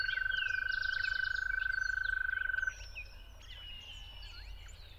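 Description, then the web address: Toad's sustained trill runs evenly for under three seconds and then stops, leaving a chorus of chirping and whistling birds. At dawn. "musicofnature Toads at Dawn"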